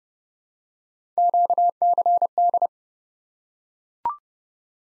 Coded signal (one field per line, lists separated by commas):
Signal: Morse code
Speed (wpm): 30 wpm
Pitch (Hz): 700 Hz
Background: none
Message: QCD